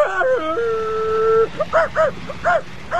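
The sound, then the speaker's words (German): A human voice imitates a dog, starting with a wavering, drawn-out howl, then breaking into a run of about five short, bouncy, rhythmic barks at a fairly loud level. “Was ist denn der Hund, der da so bellt?”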